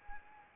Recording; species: mosquito wingbeat signal from an infrared sensor; Anopheles arabiensis